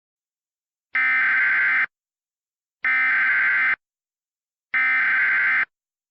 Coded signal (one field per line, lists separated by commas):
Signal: Emergency Alert System (SAME) tones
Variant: header bursts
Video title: *VALID TONES* SCP 9143: King of the Haunted Zoneguards (EAS Scenario Special)